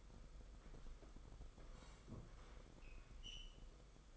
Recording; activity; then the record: daily activity, microphone in the room; sit down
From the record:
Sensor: 5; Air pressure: 990.7 hPa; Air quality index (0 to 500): 150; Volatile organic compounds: 161 ppm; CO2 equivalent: 4069 ppm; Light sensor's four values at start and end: 42/129/50/53 and 42/130/50/53